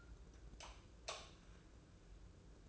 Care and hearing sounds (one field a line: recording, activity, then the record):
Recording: daily activity, microphone in the room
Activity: light off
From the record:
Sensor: 2